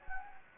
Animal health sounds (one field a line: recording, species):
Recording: mosquito wingbeat signal from an infrared sensor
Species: Anopheles gambiae